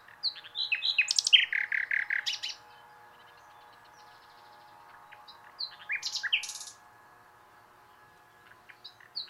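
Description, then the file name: Common nightingale singing in bursts: a loud phrase of chirps and fast repeated notes, silence, then a brief burst of high buzzy notes and a faint final snatch. "Luscinia megarhynchos"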